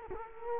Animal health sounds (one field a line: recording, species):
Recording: mosquito wingbeat signal from an infrared sensor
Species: Culex quinquefasciatus